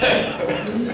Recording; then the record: coughing mixed with background sound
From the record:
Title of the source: Wet Throat Infection Cough